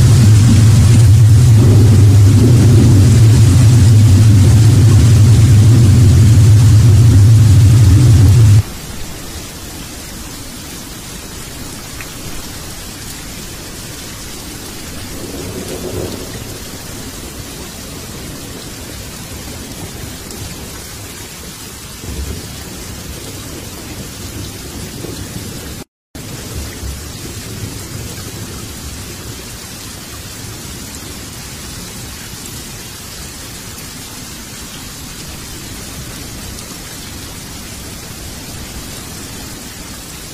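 Heavy rain falls as a dense, steady hiss throughout. For the first eight seconds a loud, deep rumble like thunder dominates, then cuts off, leaving the even downpour with a faint low roll underneath and a brief silent gap near 26 seconds.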